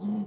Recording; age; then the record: pig call; piglet (1 to 25 days)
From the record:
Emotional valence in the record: negative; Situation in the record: short isolation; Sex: female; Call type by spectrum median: low-frequency call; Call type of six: low-frequency modulated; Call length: 0.27 s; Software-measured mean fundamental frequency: 52 Hz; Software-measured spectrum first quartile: 205 Hz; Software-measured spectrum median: 223 Hz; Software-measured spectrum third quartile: 297 Hz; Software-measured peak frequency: 206 Hz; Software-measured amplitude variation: 110 dB a second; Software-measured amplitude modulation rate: 16.7 a second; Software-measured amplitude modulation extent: 6.6 dB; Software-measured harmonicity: 13.7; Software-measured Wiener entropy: -0.49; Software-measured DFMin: 937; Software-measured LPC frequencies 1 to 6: 219, 836, 1948, 3091, 3895, 4910 Hz